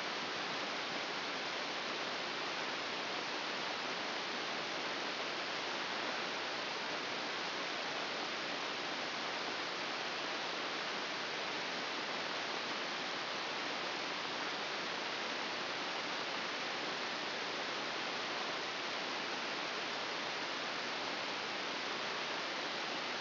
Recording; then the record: brain microelectrode recording played as sound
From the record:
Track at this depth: inside the subthalamic nucleus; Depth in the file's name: 1.352 mm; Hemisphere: right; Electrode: 2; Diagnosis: Parkinson's disease